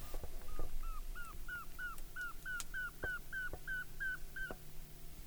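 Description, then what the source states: Northern saw-whet owl tooting, a steady series of short whistled notes about three per second, each falling slightly, with scattered clicks and low background noise. Wild owl answering playback calls during a night owl count walk in cold weather around Logan.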